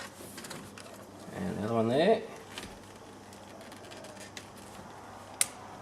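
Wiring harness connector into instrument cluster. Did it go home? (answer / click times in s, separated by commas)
yes / 5.4 s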